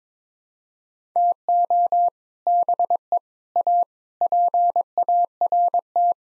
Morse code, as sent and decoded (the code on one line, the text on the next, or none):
- --- / -... . / .- / .--. .- .-. -
TO BE A PART